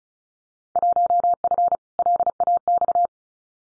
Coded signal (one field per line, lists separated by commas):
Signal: Morse code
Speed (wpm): 34 wpm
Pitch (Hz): 700 Hz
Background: none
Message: 1F LAX